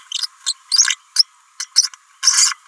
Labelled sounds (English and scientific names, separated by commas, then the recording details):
Green-rumped Parrotlet (Forpus passerinus) babbling
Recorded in a nest box in Venezuela
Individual 18B17A3